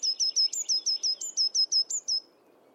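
Bird calling in a quick run of many high, sharp notes, each with a brief upward flick, evenly spaced and stopping abruptly; faint low background hum.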